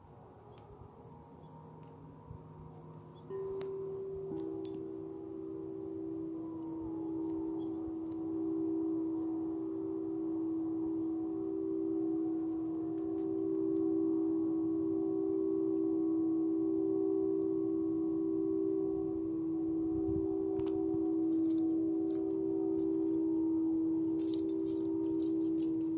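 A Tibetan singing bowl sounds a steady, low ringing tone that swells in around three seconds and holds with a slow waver for the rest of the clip. Faint clicks and light taps come and go, and bright tinkling chimes cluster near the end.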